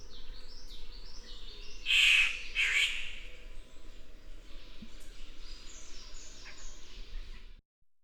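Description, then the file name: Victoria's riflebird giving two loud, harsh, rasping bursts close together, each broad and breathy, with faint chirps and a steady low hum behind. "Ptiloris Victoriae"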